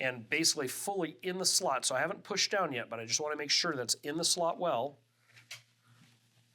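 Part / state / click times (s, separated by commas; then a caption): graphics card into motherboard PCIe slot / seated / 5.5 s. A graphics card already lined up in a motherboard PCIe slot is pushed down until the PCIe retention clip clicks and pops back up, seating the card. Someone talks for the first five seconds, then a single sharp click is heard at 5.5 s, confirming the card is seated.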